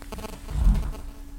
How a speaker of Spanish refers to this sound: ¿Se escucha? ¿Es de afuera? No, compadre, sonido celular.